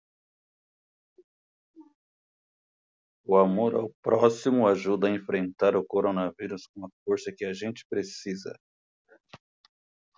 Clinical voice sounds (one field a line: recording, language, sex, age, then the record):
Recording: spoken sentence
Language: Brazilian Portuguese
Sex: male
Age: 40 to 49 years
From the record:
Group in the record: control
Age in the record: 45 years